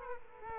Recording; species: mosquito wingbeat signal from an infrared sensor; Aedes aegypti